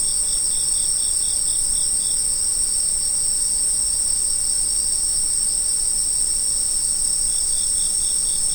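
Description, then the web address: Shrill continuous insect ringing, with a quick series of pulsed chirps during the first two seconds and another short run near the end. Autumn insect sounds. "sound nature autumn insects"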